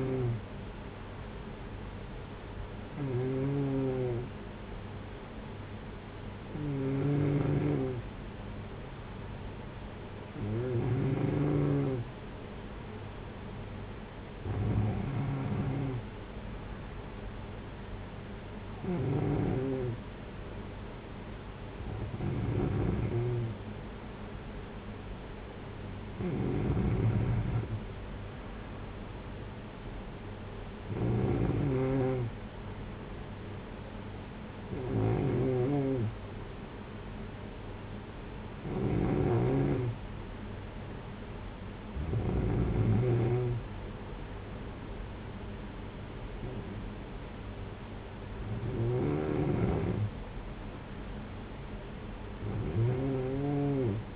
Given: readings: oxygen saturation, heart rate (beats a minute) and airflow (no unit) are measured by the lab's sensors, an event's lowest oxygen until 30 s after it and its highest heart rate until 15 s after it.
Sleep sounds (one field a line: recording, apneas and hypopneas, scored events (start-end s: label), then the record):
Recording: breathing in sleep by a voice recorder at the bedside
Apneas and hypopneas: 1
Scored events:
8.00-24.00 s: hypopnea (N2, oxygen 94% highest, then 93% lowest, heart rate 59 at the start, 59 highest)
13.00-43.00 s: new sleep stage, N1 (lightest sleep)
43.00-54.16 s: new sleep stage, N2 (light sleep)
From the record:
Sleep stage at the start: N2 (light sleep)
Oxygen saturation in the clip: 93 to 94%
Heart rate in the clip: 54 to 59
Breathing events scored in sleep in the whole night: 226 in 8.8 hours asleep